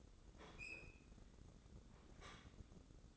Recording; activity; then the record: daily activity, microphone in the room; open fridge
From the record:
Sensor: 3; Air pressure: 995.3 hPa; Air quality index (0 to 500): 78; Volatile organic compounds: 6 ppm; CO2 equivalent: 1838 ppm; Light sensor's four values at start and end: 19/57/24/21 and 19/57/24/21